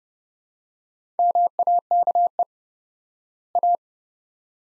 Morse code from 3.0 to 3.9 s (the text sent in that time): A